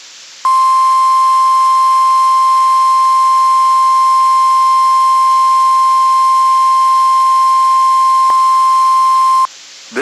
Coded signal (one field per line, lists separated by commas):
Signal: Emergency Alert System (SAME) tones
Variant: 1050 Hz attention tone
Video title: RWTs - Week of 12/25/22 (EAS 1356-1362)